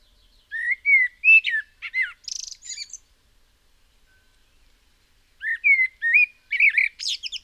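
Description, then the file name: Common blackbird song: two phrases of low, mellow fluted whistles, each ending in a high, scratchy twittering flourish, separated by about two seconds of silence. "Turdus merula"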